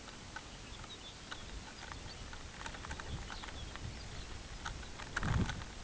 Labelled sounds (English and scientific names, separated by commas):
Lapland Longspur (Calcarius lapponicus)